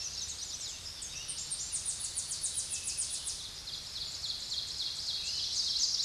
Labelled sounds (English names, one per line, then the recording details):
Ovenbird song
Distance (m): 15 m
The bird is about 5 m above the microphone
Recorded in a Pennsylvania forest on 16 May 2024 at 06:07
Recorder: AudioMoth, point MSD-2007
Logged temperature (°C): 16.1 °C
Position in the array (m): 41 m, 23 m